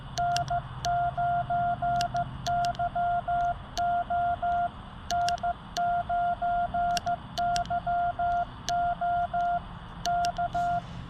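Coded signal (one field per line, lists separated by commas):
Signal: Morse code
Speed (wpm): 15 wpm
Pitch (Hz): 700 Hz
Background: none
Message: N9YO N9YO K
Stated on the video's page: Morse contact at night using a Yaesu 891 and an end-fed antenna thrown into a tree, set up for NVIS propagation.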